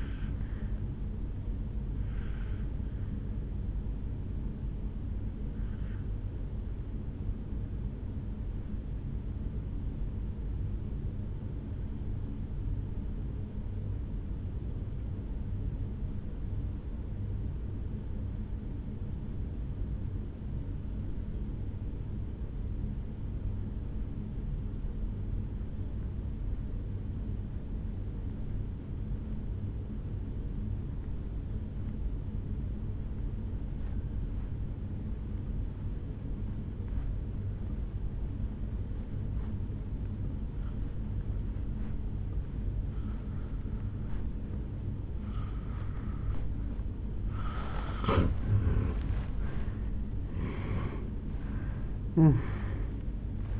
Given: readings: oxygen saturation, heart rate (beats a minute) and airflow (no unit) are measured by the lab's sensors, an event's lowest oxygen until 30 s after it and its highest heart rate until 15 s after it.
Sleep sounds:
breathing in sleep by a smartphone at the bedside; 1
8.00-48.20 s: obstructive apnea (N1, oxygen 97% highest, then 80% lowest, heart rate 54 at the start, 78 highest)
24.00-53.60 s: new sleep stage, N2 (light sleep)
From the record:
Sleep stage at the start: N1 (lightest sleep); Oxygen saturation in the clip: 82 to 97%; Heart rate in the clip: 54 to 76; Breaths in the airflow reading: 4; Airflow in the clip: -12.6 to 5.8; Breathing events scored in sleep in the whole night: 449 in 7.0 hours asleep

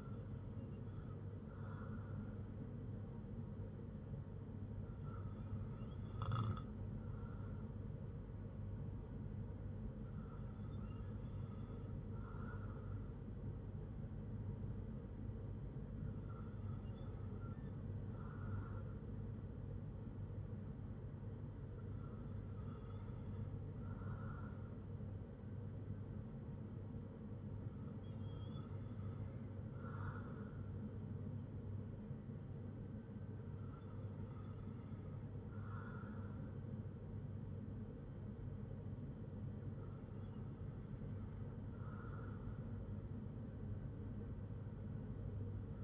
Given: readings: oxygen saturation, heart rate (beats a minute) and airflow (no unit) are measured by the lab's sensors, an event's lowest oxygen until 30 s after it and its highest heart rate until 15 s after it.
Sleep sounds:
breathing in sleep by a smartphone at the bedside; none
none scored
From the record:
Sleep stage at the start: N2 (light sleep); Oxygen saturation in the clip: 96 to 97%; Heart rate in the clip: 59 to 67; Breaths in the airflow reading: 8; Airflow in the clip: -4.5 to 4.6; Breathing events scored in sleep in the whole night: 182 in 7.4 hours asleep

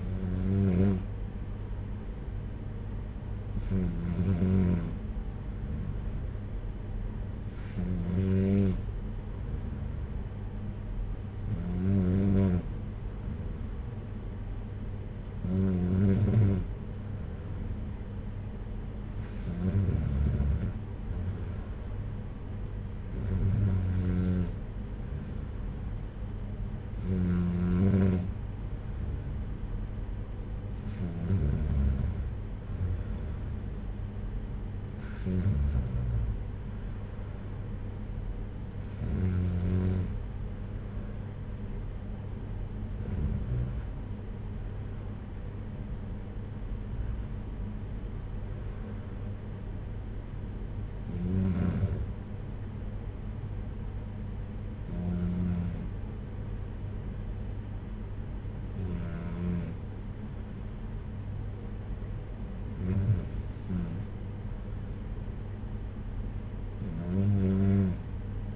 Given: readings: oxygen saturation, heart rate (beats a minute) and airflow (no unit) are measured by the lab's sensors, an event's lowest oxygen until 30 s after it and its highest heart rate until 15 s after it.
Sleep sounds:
breathing in sleep by a smartphone at the bedside; none
none scored
From the record:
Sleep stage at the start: N3 (deep sleep); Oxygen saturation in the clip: 93 to 95%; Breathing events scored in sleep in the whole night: 226 in 8.8 hours asleep

